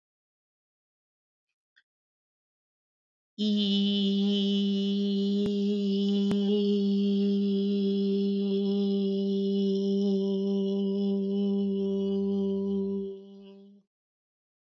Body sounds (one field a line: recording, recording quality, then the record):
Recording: sustained vowel as in beet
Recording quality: excellent, no background noise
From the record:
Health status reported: COVID-19 positive, moderate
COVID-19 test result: positive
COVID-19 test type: RT-PCR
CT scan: not taken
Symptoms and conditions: cough, cold, sore throat, fatigue, muscle pain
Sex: female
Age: 46 years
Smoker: no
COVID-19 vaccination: both doses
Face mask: worn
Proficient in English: yes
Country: India